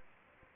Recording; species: mosquito wingbeat signal from an infrared sensor; Anopheles arabiensis